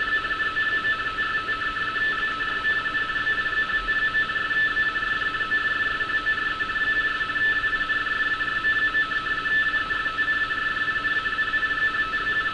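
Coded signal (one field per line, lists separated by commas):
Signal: RTTY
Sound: continuous rapid warbling between two close tones, steady teleprinter chatter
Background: radio static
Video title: Decoding RTTY navigation warnings from Hamburg, Germany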